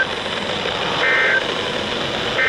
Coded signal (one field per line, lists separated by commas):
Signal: Emergency Alert System (SAME) tones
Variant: end-of-message bursts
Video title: Spring Foolery | EAS Alerts From 3/31-4/2/2024 (EAS #2,443-2,469)